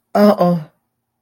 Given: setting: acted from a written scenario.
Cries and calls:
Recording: vocal sound without words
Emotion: distress

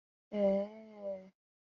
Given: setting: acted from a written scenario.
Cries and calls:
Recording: vocal sound without words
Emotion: interest

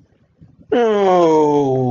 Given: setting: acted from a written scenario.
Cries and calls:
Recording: vocal sound without words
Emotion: disappointment

